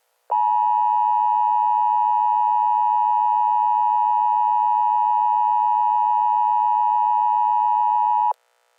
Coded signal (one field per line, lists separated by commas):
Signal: Emergency Alert System (SAME) tones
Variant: 853 and 960 Hz attention tone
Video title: Educational EAS Scenario - Martial Law Simulation